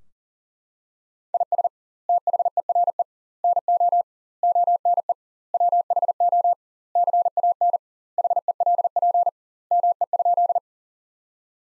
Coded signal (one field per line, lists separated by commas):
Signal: Morse code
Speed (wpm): 40 wpm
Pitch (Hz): 700 Hz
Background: none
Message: IS THERE NO ONE WHO CAN HELP ME?